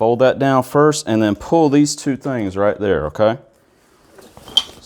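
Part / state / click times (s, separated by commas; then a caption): stroller frame fold lock / seated / 4.6 s. A 2019 Nuna Mixx stroller's frame is folded down while someone talks, followed by a few soft rattles of the frame. At 4.6 s the fold lock engages with a loud, sharp snap, latching the stroller closed.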